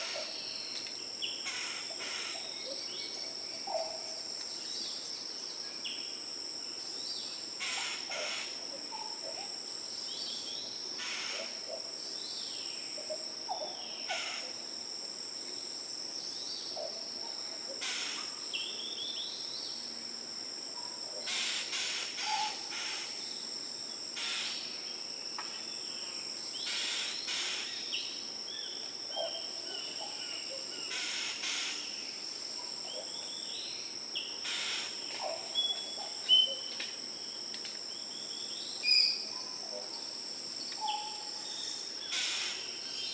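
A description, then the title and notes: Daintree rainforest ambience with a constant high, bright insect drone, likely cicadas, running through the whole clip. Brief bird calls and chirps break in every few seconds, some sharper around the middle and late parts, over otherwise quiet lows. The Daintree Rainforest. Daintree Rainforest in Queensland Australia. Eastern whipbird/Cicada/Spotted catbird/Graceful honeyeater/Bees/Green catbird/Torresian crow/australian crow/Yellow spotted honeyeater/Brown flyeater/Lewins flyeater/Brown cuckoo dove/Chowcilla.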